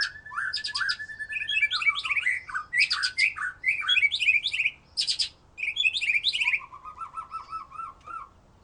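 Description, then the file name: White-rumped shama delivering a fast, jumbled song of whistles and harsh notes. After a short pause, a run of quick low notes follows. "murai batu"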